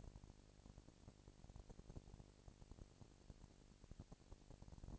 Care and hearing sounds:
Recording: daily activity, microphone in the room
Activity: no activity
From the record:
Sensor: 5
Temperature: 19.8 degrees Celsius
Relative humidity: 36.7%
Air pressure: 997.2 hPa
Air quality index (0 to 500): 169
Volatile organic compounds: 14 ppm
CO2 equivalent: 2444 ppm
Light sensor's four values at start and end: 2/3/1/1 and 2/3/1/1

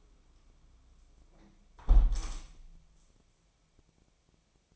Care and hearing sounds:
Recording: daily activity, microphone in the room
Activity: close window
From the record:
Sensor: 1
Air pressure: 1000.4 hPa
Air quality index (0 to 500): 179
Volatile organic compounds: 4 ppm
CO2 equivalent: 1643 ppm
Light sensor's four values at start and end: 10/25/10/12 and 10/24/10/11

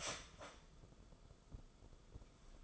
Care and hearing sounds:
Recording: daily activity, microphone in the room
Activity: start toaster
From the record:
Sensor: 5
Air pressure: 994.5 hPa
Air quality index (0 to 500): 186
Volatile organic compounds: 1000 ppm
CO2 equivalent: 5446 ppm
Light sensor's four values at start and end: 43/132/52/57 and 43/132/52/57

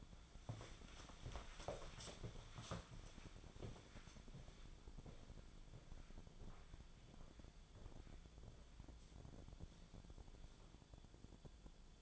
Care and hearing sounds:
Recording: daily activity, microphone in the room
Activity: walk to room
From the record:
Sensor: 5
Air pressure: 1010.2 hPa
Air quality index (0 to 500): 138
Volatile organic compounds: 3 ppm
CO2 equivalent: 1350 ppm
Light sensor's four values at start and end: 279/672/290/322 and 282/701/295/324

